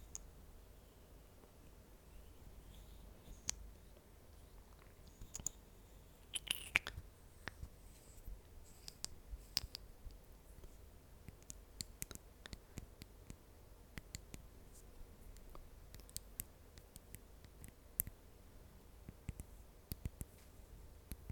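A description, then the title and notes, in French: Soft ASMR triggers with brush and lip gloss: sparse, sharp little clicks and taps scattered throughout, busiest around seven seconds, over a quiet low hum. Doux triggers (pinceau & gloss).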